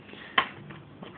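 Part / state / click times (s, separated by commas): snap fastener on leather strap of boot knife sheath / not seated / none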